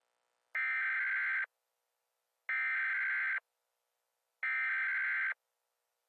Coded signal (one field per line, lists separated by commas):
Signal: Emergency Alert System (SAME) tones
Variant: header bursts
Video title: EAS Scenario: A Dying Star